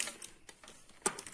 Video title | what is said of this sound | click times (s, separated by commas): Umboxing Mystery machine ref 70286 | qui vient se clipser juste là, | 1.1 s